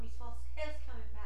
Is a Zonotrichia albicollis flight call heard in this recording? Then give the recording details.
no. No flight call is heard. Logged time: 01:29 on 15 September 2014